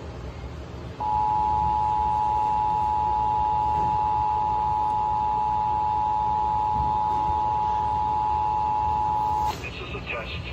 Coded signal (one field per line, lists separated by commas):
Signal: Emergency Alert System (SAME) tones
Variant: 853 and 960 Hz attention tone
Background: speech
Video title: [EAS #3130] Los Angeles RMT via KKGO FM (9/24/24)